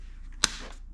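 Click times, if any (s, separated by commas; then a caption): 0.4 s. A plastic side cover over the face shield pivot is snapped back onto an Arai motorcycle helmet fitted with a brand-new photochromatic shield. A single sharp, bright snap is heard at 0.4 s against a low steady hum, with a faint softer tick near the end. The cover snaps into place, and the shield latches nicely.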